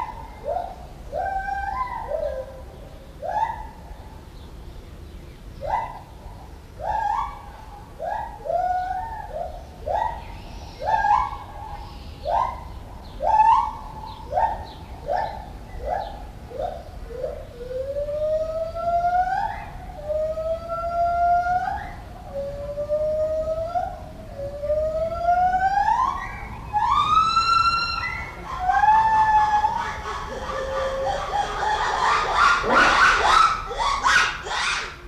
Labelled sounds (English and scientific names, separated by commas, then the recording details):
Lar Gibbon (Hylobates lar)
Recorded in captivity
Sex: pair
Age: adult
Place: Zoo Berlin, Berlin, DE
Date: 1994-06-11 10:14
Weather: heiter, 12-17°C
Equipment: Marantz CP 430, Sennheiser ME 80, Kopie Uher Variocord 263
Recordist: Tembrock, Günter